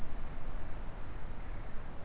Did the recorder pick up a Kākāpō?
no